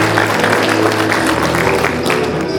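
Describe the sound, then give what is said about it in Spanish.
A crowd at a school graduation ceremony applauds the graduating students receiving their bachiller titles, a dense wash of many hands clapping at once that stays loud and even for a couple of seconds, with a low tonal hum running beneath it. “Los aplausos, por favor, no se olviden.”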